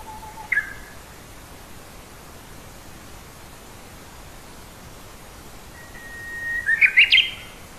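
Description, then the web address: Japanese bush warbler song: a brief call early, then after a quiet stretch a long steady whistle breaking into a quick warbled flourish, over a steady hiss. "hashiwa bird uguisu"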